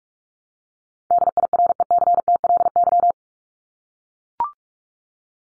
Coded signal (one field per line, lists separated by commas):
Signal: Morse code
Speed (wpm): 44 wpm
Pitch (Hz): 700 Hz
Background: none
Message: DIRECTLY